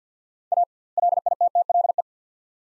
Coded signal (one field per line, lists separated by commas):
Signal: Morse code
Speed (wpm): 50 wpm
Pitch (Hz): 700 Hz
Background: none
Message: A LITTLE